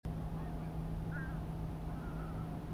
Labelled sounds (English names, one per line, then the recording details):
Greylag Goose
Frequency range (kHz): Greylag Goose 1.0-2.3 kHz
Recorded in France